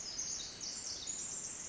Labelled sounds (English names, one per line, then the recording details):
Pacific Wren
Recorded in Sonoma County, California